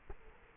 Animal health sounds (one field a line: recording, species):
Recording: mosquito wingbeat signal from an infrared sensor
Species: Culex quinquefasciatus